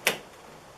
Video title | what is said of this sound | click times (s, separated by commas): Fill Video | simply click it in you want to hear that click | 0.1 s